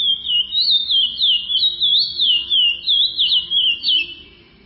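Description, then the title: Chestnut-bellied seed finch singing a fluid chain of looping whistled notes, steady and rapid at roughly three per second, fading out at the end. "Canto De Curio"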